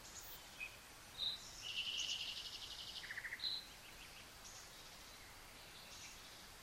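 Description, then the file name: Common nightingale song: a scratchy buzzy burst followed by a quick rattle of low pulsed notes and a brief high whistle, with soft hiss behind. "Luscinia megarhynchos"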